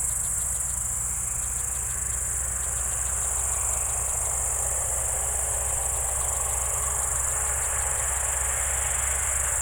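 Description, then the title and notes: Crickets trilling in a dense, unbroken high whine, with bursts of rapid pulsed chirps and a deep engine hum underneath. Evening crickets at Spalona Pass, Bystrzyckie Mountains, Poland, 18/07/2024 around 19:00; an old tractor mowing grass in the village below is in the background. "Spalona 6, 57-516, Polska - Spalona Pass - crickets and haymaking. Przełęcz Spalona w Górach Bystrzyckich. wieczorne świerszcze"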